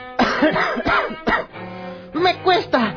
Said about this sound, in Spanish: Pues vengo a examinarme, ya que fumo mucho y sufro de mucho, mucho cansancio. Y esta tos que no me deja tranquilo.